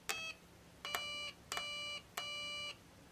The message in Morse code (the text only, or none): none